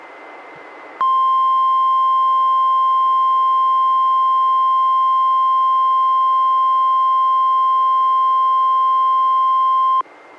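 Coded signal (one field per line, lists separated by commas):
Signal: Emergency Alert System (SAME) tones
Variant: 1050 Hz attention tone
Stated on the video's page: Required Monthly Tests for an earthquake and tsunami drill, relayed by NOAA Weather Radio, cable and FM, recorded from a Reecom R-1630 weather radio, a stereo, and a DVD recorder.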